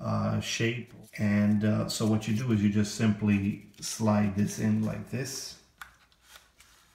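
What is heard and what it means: A 7.4 V 700 mAh LiPo battery with a proprietary, uniquely shaped body is being slid into the battery bay of a Protocol Kaptur GPS drone while someone talks. Faint handling ticks are heard near 5.8, 6.1 and 6.6 seconds. Nothing has snapped or seated in the bay yet.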